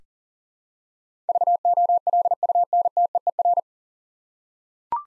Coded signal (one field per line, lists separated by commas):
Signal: Morse code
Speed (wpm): 40 wpm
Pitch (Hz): 700 Hz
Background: none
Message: VOLUNTEER